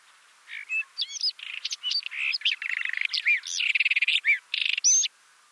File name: White-throated Robin